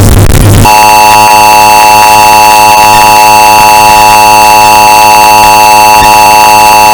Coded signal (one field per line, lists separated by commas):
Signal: Emergency Alert System (SAME) tones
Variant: 853 and 960 Hz attention tone